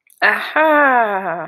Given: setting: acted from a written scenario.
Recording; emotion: vocal sound without words; triumph